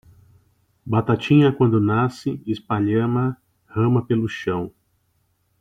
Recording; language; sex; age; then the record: short text; Brazilian Portuguese; male; 40 to 49 years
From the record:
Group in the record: control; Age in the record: 45 years